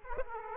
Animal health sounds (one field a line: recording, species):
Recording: mosquito wingbeat signal from an infrared sensor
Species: Aedes aegypti